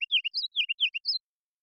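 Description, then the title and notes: Ruby-crowned kinglet singing a short burst of loud, rolling, up-and-down warbled phrases repeated in quick succession. Series of full songs, short songs and phrases; parabolic single-species recording, clean-processed with natural rhythm, pace and dynamics kept; Pacific Northwest, Washington, United States. "BIRDSong Kinglets - RubyCrowned Kinglet Song. Ruby-crowned Kinglet, Regulus calendula, song performance with a series of full songs, short songs, and phrases. Recorded in the beautiful Pacific Northwest in Washington, Unister States"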